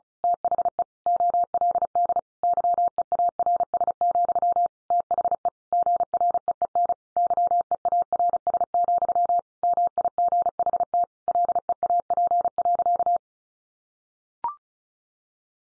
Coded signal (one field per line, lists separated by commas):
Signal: Morse code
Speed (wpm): 34 wpm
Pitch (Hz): 700 Hz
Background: none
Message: THE OLD YEARS, THE GREEN YEARS, MIGHT LEAP.